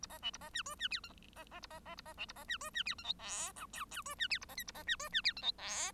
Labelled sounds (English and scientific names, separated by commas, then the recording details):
Bengalese Finch (Lonchura striata domestica) song
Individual Bird1